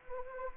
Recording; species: mosquito wingbeat signal from an infrared sensor; Anopheles arabiensis